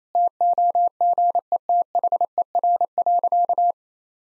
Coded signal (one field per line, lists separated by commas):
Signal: Morse code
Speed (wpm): 28 wpm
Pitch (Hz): 700 Hz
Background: none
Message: TOGETHER.